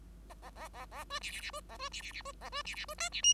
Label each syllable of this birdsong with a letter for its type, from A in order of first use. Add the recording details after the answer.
A A A A B C C C B A B C C C B A B C C B D C E. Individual Bird5